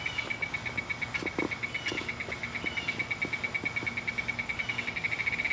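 Cicada buzzing call, a steady high shrill pulsing several times per second throughout, with a few faint clicks and soft low knocks beneath.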